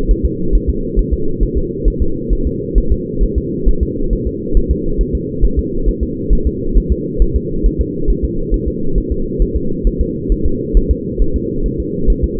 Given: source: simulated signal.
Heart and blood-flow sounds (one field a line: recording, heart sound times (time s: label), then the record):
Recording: fetal heart sounds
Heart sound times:
0.11 s: S1
0.26 s: S2
0.55 s: S1
0.70 s: S2
0.99 s: S1
1.14 s: S2
1.43 s: S1
1.58 s: S2
1.88 s: S1
2.02 s: S2
2.33 s: S1
2.47 s: S2
2.78 s: S1
2.92 s: S2
3.24 s: S1
3.38 s: S2
3.69 s: S1
3.83 s: S2
4.13 s: S1
4.27 s: S2
4.57 s: S1
4.71 s: S2
5.01 s: S1
5.15 s: S2
5.45 s: S1
5.59 s: S2
5.89 s: S1
6.03 s: S2
6.33 s: S1
6.47 s: S2
6.78 s: S1
6.92 s: S2
7.22 s: S1
7.36 s: S2
7.66 s: S1
7.81 s: S2
8.10 s: S1
8.25 s: S2
8.54 s: S1
8.68 s: S2
8.98 s: S1
9.12 s: S2
9.42 s: S1
9.56 s: S2
9.87 s: S1
10.01 s: S2
10.32 s: S1
10.46 s: S2
10.77 s: S1
10.91 s: S2
11.22 s: S1
11.36 s: S2
11.66 s: S1
11.80 s: S2
12.10 s: S1
12.24 s: S2
From the record:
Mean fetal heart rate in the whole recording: 135 bpm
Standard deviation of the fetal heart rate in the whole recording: 3 bpm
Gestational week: 36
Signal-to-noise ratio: -8.1 dB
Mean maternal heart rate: 72 bpm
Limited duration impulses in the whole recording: absent